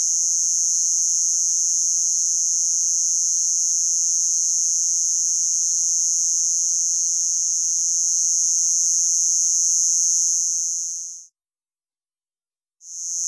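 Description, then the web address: Robust conehead katydid song: a loud, continuous high-pitched buzz that runs steadily for about eleven seconds, breaks off for a second and a half, then starts again. "Crickets and Katydids. Robust Conehead Katydid, Neoconocephalus robustus"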